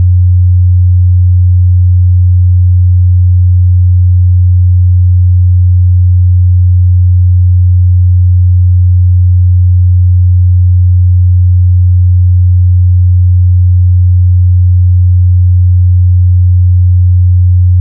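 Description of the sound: A steady, continuous synthesized pure sine tone at a low pitch of about 90 Hz, unchanging in loudness throughout, used as a tinnitus matching tone for determining the pitch of a person's tinnitus.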